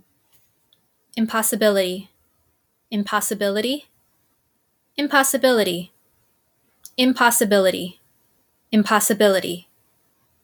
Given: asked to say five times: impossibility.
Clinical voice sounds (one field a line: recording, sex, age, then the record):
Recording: repeated word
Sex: female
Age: 30 to 39 years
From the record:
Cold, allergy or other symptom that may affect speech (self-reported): no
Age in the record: 33 years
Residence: Illinois, United States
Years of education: 16